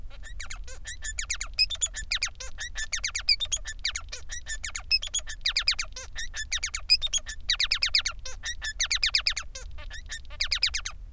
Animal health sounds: song of a male Bengalese finch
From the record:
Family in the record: son of father 3

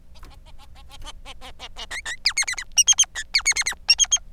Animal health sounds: song of a male Bengalese finch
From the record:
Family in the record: son of father 3

